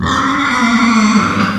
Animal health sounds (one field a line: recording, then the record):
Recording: squeal of a Yucatan mini pig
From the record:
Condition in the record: after surgery on the right vocal fold (resection and tissue-engineered implant)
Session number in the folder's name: 15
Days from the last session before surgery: 175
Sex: female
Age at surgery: 19 weeks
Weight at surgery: 25 kg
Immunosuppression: prednisolone